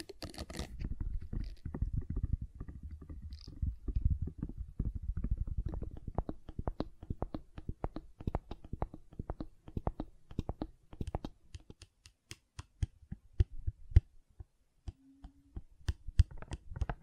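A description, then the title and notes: Gentle silicone sounds: soft squishing and rubbing with a low, muffled body for the first six seconds or so. After that the sound thins into sparse, sharp little clicks and taps, irregularly spaced, some louder, with a brief faint tone near fifteen seconds. ASMR Gentle Silicon Sounds for Sleep (No Talking).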